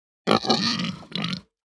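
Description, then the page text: Hampshire pig giving a short, raspy, harsh squeal lasting about a second, broken by a brief dip before a final rough burst, then silence. Hampshire breed pig; squeal described as raspy, fluctuating and long. "Hampshire Pig Squeal Raspy Fluctuate Long. Quick Sounds"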